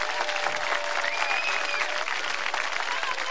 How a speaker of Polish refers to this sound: zagrali go raz, po raz pierwszy, tutaj, brawa dla nich, słuchajcie, muszą być dłuższe, muszą być dłuższe, muszą być dłuższe.